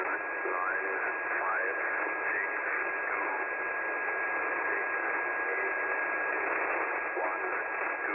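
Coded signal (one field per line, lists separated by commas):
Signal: numbers station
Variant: E06, English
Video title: Russian Spy Number Station E06, moderately clear S5 to 6 reception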